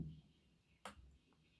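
The front pin stack of a Keso 1000 nine-pin pin-tumbler lock cylinder is picked until its metal pin sets. After a low rumble at the start and a quiet stretch, a single sharp, bright click rings out at 0.9 s. The pin seats.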